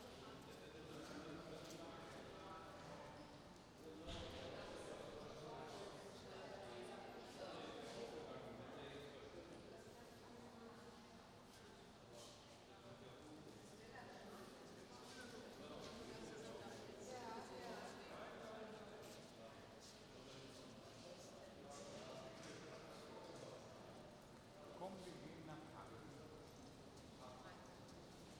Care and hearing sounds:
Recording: everyday scene through a hearing-aid microphone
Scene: reverberant space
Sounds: background noise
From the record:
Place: railway station hall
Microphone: in the ear canal, right

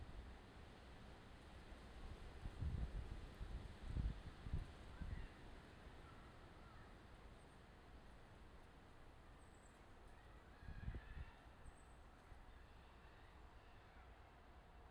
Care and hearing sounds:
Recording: everyday scene through a hearing-aid microphone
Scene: wind on the microphone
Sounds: gentle breeze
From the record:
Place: parking lot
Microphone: in the ear canal, left

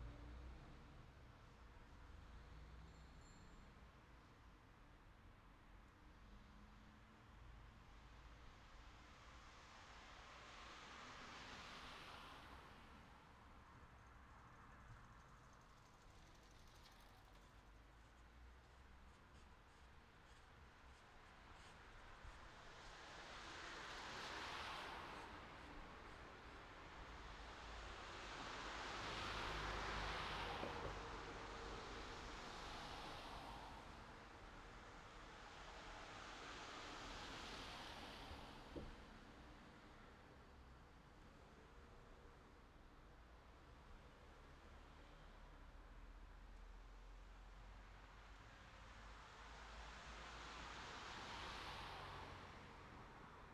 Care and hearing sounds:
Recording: everyday scene through a hearing-aid microphone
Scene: in traffic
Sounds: traffic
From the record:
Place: city secondary road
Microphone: in the ear canal, left

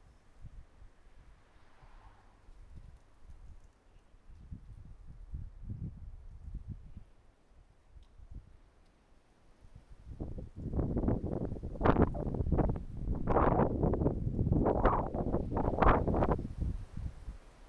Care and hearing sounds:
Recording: everyday scene through a hearing-aid microphone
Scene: wind on the microphone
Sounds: wind, traffic, birds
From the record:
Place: suburban garden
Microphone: behind the ear, right, rear

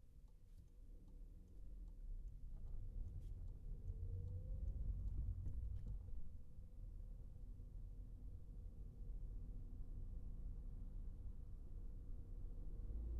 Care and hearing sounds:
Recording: everyday scene through a hearing-aid microphone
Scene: in a vehicle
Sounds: engine, highway traffic jam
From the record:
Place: Skoda Fabia, gasoline engine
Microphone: behind the ear, right, rear

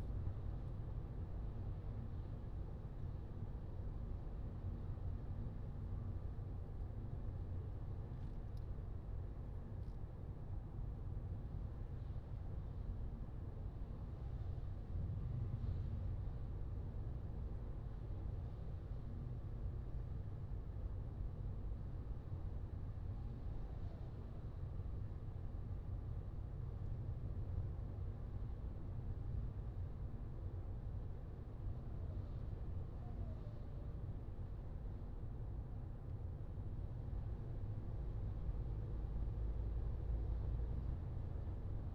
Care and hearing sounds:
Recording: everyday scene through a hearing-aid microphone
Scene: in a vehicle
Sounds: engine, highway driving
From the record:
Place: Skoda Fabia, gasoline engine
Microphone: in the ear canal, left

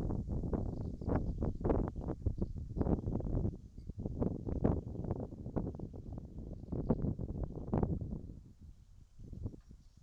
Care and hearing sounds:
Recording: everyday scene through a hearing-aid microphone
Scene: wind on the microphone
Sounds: wind, whistling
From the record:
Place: in front of a rural house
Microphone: in the ear canal, right

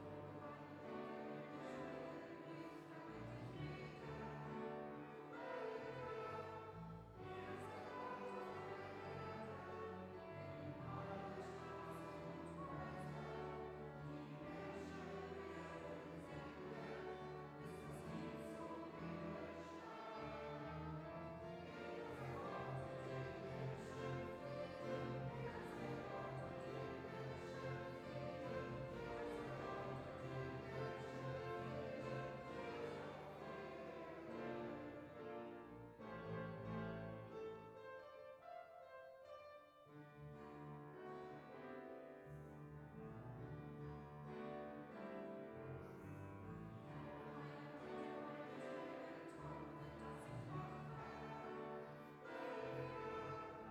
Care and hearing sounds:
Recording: everyday scene through a hearing-aid microphone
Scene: reverberant space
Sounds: music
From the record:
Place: church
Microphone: behind the ear, left, front

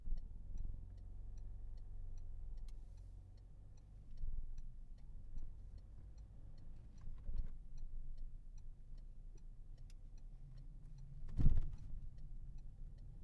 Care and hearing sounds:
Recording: everyday scene through a hearing-aid microphone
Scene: in a vehicle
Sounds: engine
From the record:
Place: Berlingo II, diesel engine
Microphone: behind the ear, left, rear

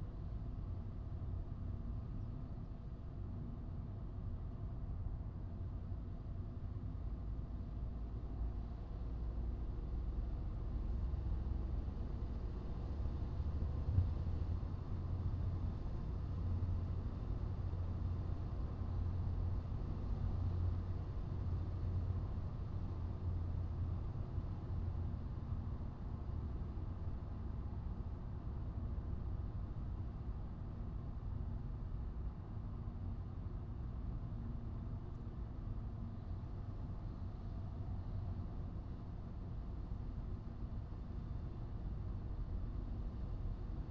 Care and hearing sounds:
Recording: everyday scene through a hearing-aid microphone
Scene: in a vehicle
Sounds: engine, highway driving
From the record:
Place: Skoda Fabia, gasoline engine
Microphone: in the ear canal, right

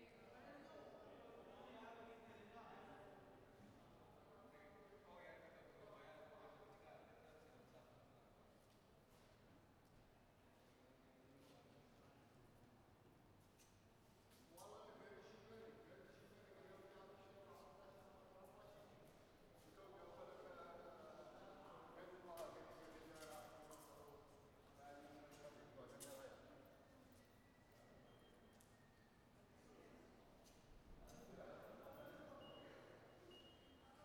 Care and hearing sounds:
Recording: everyday scene through a hearing-aid microphone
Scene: reverberant space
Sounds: background noise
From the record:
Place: railway station hall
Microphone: behind the ear, right, rear

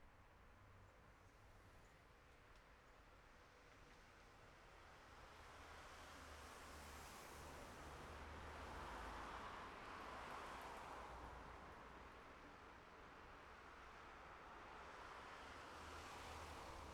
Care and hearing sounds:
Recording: everyday scene through a hearing-aid microphone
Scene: in traffic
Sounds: traffic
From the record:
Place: city secondary road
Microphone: behind the ear, left, front

